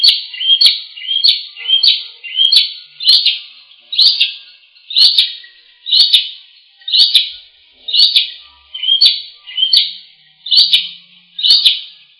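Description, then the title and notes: Bird song: a high, bright chirping phrase with a sharp click, repeated roughly every second in a steady series against a quiet background. Bird song from Indonesia. "Kumpulan Kicau Burung Indonesia"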